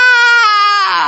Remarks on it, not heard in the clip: Baby comes out of the womb and you hear, "Wah!".